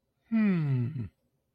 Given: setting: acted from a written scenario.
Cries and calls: vocal sound without words; ecstasy

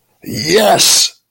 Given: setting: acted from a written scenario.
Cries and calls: vocal sound without words; triumph

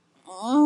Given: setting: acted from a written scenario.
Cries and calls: vocal sound without words; ecstasy

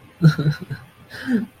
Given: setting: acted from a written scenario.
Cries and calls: vocal sound without words; sadness

